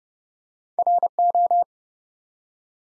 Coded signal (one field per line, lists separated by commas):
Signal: Morse code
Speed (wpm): 30 wpm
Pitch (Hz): 700 Hz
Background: none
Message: RO